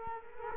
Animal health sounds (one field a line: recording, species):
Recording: mosquito wingbeat signal from an infrared sensor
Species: Culex quinquefasciatus